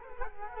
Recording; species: mosquito wingbeat signal from an infrared sensor; Culex quinquefasciatus